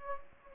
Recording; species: mosquito wingbeat signal from an infrared sensor; Anopheles gambiae